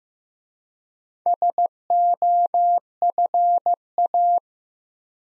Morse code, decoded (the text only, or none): SOFA